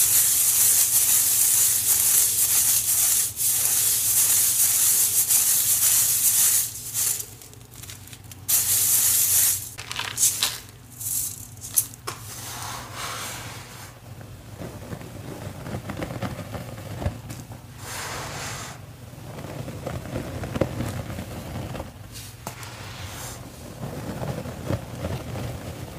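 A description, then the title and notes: Cornstarch powder being crushed and worked. The first seven seconds are a dense, bright, steady hiss, then it breaks into sharp, irregular crunches for several seconds before settling into quieter, softer crumbling and squeezing over a low background hum. Reforming my crispy green cornstarch crunchies. Cornstarch crunchies powder ASMR, including Rolling pin crushes, pebble crushes, sifting, and so much more.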